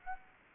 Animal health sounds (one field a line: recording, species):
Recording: mosquito wingbeat signal from an infrared sensor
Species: Aedes aegypti